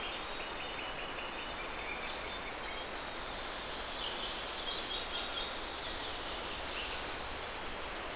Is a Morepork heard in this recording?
no